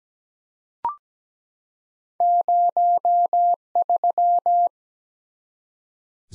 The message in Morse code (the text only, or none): 03